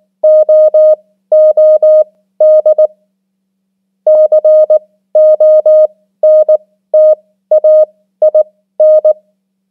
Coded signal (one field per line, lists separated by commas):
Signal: Morse code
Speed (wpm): 19 wpm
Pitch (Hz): 620 Hz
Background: none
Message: OOD CONTAIN